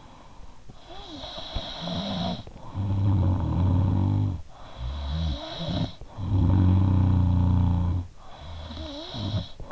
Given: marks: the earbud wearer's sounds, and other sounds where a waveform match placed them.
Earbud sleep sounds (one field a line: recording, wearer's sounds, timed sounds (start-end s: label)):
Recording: sounds in sleep by an in-ear microphone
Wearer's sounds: snoring breath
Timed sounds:
0.00-9.72 s: snoring breath